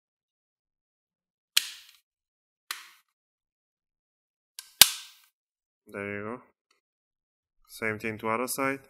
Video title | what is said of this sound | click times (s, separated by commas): FIX / Repair IMU of DJI Mavic 2 Pro | want to hear some clicking there | 1.6 s, 4.8 s